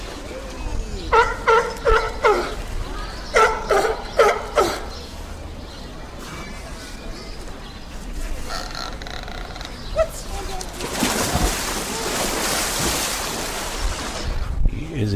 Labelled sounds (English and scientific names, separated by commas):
California Sea Lion (Zalophus californianus) call